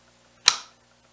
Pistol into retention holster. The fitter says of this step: you are gonna know right off the bat whether it's locked in or not because you're gonna hear very audible and you'll feel a nice tactile click